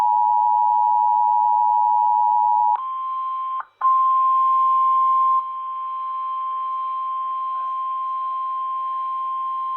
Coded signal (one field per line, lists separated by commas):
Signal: Emergency Alert System (SAME) tones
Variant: 853 and 960 Hz attention tone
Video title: EAS 896 Blizzard Warning for IA